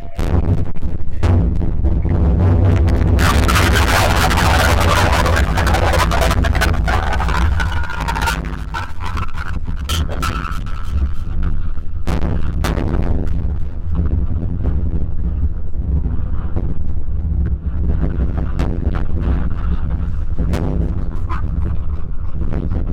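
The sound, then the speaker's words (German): Still water poured into a glass, picked up by a microphone inside it: a loud, steady rushing roar, brighter and splashier at first, then settling into a deep, continuous gurgling rumble with no talking. “Okay, dann beginnen wir mit stillem Wasser. In welches Glas möchtest du das gießen?”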